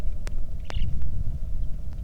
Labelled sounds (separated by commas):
songbird, wind, rain